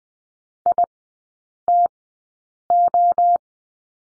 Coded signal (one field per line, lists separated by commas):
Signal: Morse code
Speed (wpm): 20 wpm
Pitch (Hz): 700 Hz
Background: none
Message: ITO